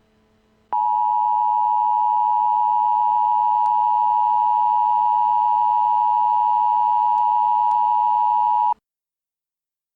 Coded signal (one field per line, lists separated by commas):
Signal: Emergency Alert System (SAME) tones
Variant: 853 and 960 Hz attention tone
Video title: EAS Scenario - So Close Yet So Far Away (SNEAK PEEK)